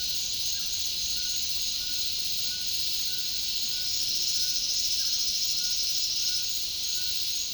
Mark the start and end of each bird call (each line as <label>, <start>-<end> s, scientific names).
Ramphastos tucanus, 0.00-7.54 s